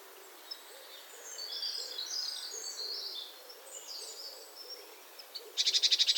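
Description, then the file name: Great tit churr, a loud burst of fast rattling pulses at the very end, after a stretch of thin twittering and chirping from other birds. "Parus major"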